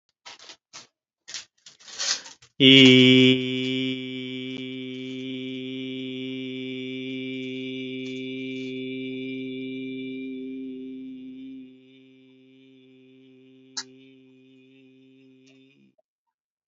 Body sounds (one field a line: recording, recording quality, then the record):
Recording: sustained vowel as in beet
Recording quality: excellent, no background noise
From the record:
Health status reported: healthy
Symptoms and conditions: none ticked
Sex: male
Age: 41 years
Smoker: not ticked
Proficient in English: yes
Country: United States